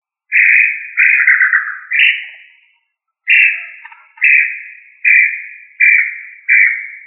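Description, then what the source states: Quail calling with a run of clear whistled notes near the same pitch, about eight in seven seconds, some falling slightly and one breaking into a brief trill, with a short pause after the third. Labelled family Tinamidae; local name puyuh.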